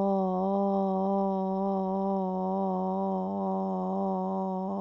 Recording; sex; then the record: sustained vowel /o/; female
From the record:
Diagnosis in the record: Parkinson's disease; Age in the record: 67 years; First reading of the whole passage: 79 s, 6.5 characters per second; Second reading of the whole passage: 74 s, 7.0 characters per second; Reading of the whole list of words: 72 s, 3.9 characters per second